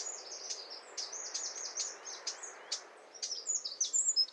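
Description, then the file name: Eurasian wren, high rapid chattering song over hissing background noise, with sharp ticking notes scattered through the phrase. "Troglodytes troglodytes"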